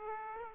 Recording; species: mosquito wingbeat signal from an infrared sensor; Aedes aegypti